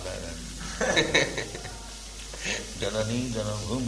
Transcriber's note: laughter